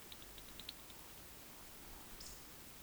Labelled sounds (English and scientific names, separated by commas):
Eurasian Woodcock (Scolopax rusticola) whistle, Eurasian Woodcock (Scolopax rusticola) croak